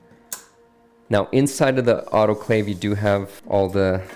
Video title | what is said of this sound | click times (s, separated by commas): Nasan Supa Lite Max Refurbishing Workflow | so you need to make sure that you firmly close the door and you hear it click | 0.3 s